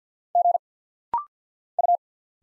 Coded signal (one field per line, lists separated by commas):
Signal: Morse code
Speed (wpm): 50 wpm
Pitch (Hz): 700 Hz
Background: none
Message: G U